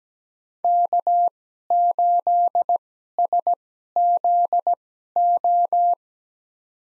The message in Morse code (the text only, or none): K8SZO